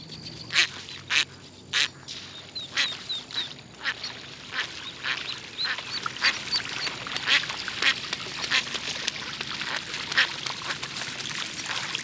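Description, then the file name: Pacific black duck quacking, a run of harsh, abrupt quacks coming irregularly about one to two per second, with a thin steady high tone behind them. "zvuki glazchatoi kriakvy"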